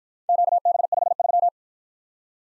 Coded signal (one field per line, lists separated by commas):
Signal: Morse code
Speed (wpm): 53 wpm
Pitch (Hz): 700 Hz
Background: none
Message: QB53